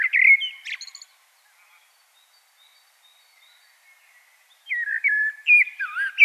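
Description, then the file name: Common blackbird singing: a mellow fluted phrase with a squeaky flourish, a quiet pause, then another warbling whistled phrase rising and falling. "Turdus merula"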